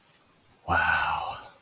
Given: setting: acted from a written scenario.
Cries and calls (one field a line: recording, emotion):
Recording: vocal sound without words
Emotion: awe